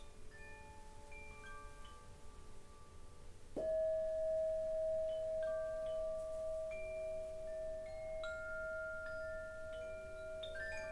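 Singing bowls ring in overlapping sustained tones, with a strong struck bowl entering near four seconds and humming steadily while lighter chime-like strikes scatter throughout.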